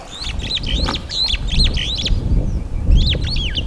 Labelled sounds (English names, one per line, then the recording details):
Superb Starling flight call
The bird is a male
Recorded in Kenya on 14 April 2009 at 07:21
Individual 18, of group CF2